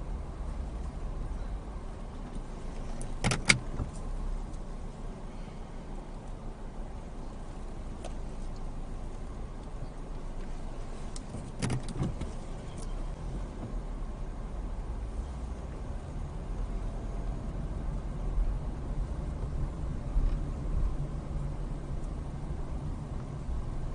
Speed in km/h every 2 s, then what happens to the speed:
0, 0, 0, 0, 0, 0, 0, 8, 15, 16, 16, 13.
0-12 standing. 12-17 pulls away to 16. 17-24 steady at about 16.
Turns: none.